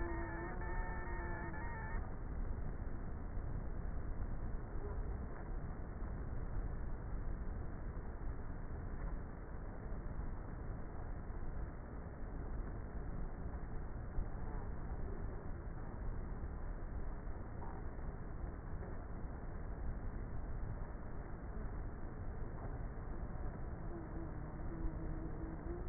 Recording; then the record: honeybee colony, microphone inside the hive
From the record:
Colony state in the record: queenless with a low population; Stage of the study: before two queens were removed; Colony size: about 30,000 bees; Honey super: no